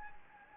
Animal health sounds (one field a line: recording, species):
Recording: mosquito wingbeat signal from an infrared sensor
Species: Anopheles gambiae